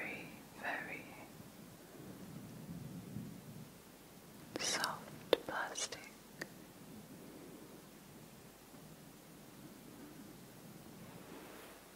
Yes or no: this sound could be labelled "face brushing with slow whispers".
yes